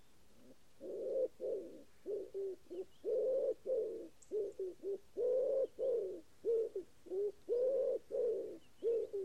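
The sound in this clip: Common wood pigeon giving repeated husky low coos in rhythmic phrases, steady and unhurried throughout, nothing else prominent.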